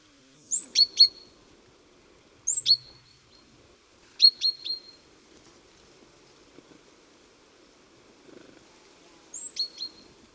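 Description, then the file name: Great tit calls: short, high, thin notes given in quick pairs or triplets, each note dropping sharply, repeated at uneven gaps of one to several seconds over quiet background hum. "Parus major"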